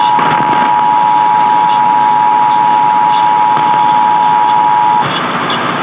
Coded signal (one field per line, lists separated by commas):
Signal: Emergency Alert System (SAME) tones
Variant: 853 and 960 Hz attention tone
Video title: Tennessee RMT on WSM (6/9/21)(EAS 732)